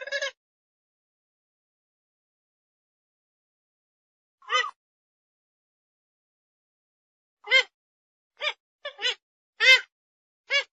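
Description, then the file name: Grey-headed swamphen calls, nasal and wailing, scattered at first, then a quicker cluster of five or six notes toward the end. "Tieng trich co"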